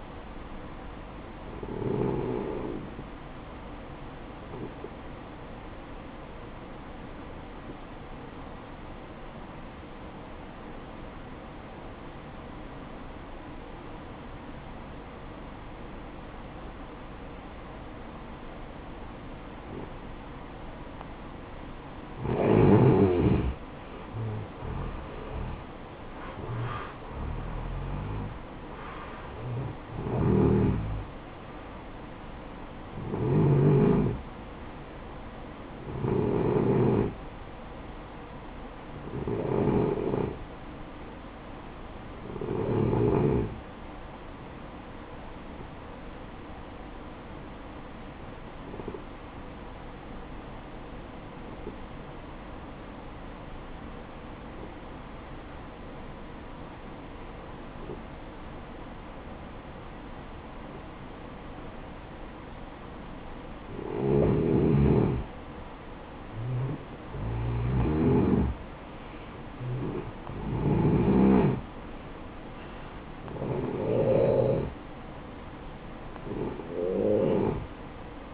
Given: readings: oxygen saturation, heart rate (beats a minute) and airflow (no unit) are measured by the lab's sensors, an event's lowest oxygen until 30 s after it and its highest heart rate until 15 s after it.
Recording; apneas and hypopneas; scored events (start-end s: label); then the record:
breathing in sleep by a voice recorder at the bedside; 2
6.00-23.90 s: hypopnea (N2, oxygen 94% highest, then 88% lowest, heart rate 57 at the start, 70 highest)
43.00-73.00 s: new sleep stage, N1 (lightest sleep)
49.00-66.10 s: obstructive apnea (N1, oxygen 95% highest, then 89% lowest, heart rate 61 at the start, 67 highest)
73.00-78.34 s: new sleep stage, N2 (light sleep)
From the record:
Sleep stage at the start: N2 (light sleep); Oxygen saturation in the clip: 88 to 95%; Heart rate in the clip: 56 to 70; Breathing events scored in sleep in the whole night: 573 in 9.8 hours asleep